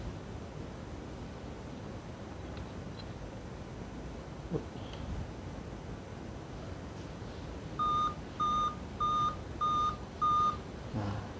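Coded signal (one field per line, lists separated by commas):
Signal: beep code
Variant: Dell laptop BIOS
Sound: handling noise, then five short, evenly spaced, high electronic beeps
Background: room noise, handling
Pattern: 5 short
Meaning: Five beeps on a Dell laptop indicate a CMOS battery failure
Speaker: 3 4 5. Well, usually on a Dell laptop, if it beeps like this, it means there is a problem with the chimos battery. The chimos battery has dropped.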